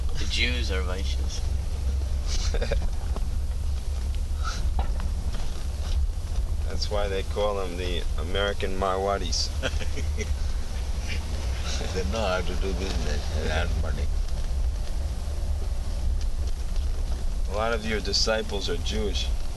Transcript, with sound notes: The Jews are vaiśyas.
That's why they call them the American Marwaris.
[laughs] Yes. They know how to do business and earn money.
A lot of your disciples are Jewish.